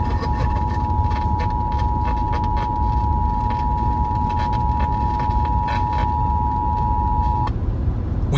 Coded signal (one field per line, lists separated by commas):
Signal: Emergency Alert System (SAME) tones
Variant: 853 and 960 Hz attention tone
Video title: 6/8/22 Car Alerts: From Rural Retreat to WTOP(EAS 2,945-2,952)